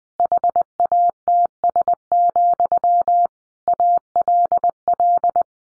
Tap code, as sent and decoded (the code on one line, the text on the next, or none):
none